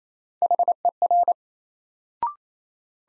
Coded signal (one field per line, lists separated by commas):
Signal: Morse code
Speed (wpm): 27 wpm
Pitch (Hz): 700 Hz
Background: none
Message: HER